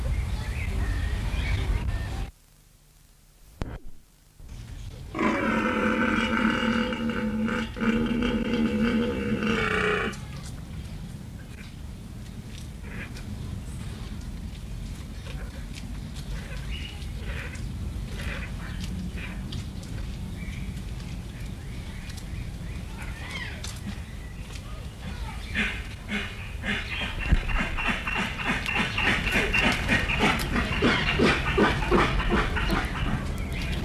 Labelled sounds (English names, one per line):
Onager